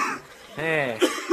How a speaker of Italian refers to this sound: Tu con questa tosse non arrivi mica alla prima linea.